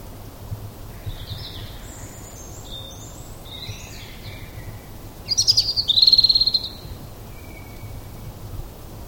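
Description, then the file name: European robin song: several separate, high, wispy notes, then a rapid, bright, rattling warble, then a single quieter note. A low hum continues underneath. "Erithacus rubecula"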